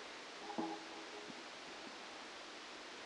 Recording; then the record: brain microelectrode recording played as sound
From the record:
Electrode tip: outside the subthalamic nucleus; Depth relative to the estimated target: -8 mm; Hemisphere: left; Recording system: NeuroSet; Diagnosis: Parkinson's disease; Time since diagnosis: 9 years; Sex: female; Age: 51 years